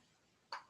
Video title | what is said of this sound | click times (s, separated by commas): Pathology ICU, Acute Care | that will be the unlock position | 0.5 s